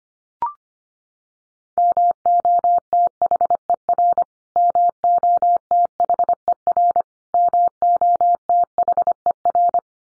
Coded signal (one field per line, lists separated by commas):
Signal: Morse code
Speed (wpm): 25 wpm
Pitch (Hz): 700 Hz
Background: none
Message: MOTHER MOTHER MOTHER